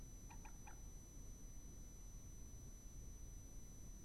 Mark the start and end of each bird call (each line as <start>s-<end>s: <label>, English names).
0.30s-0.72s: Common Moorhen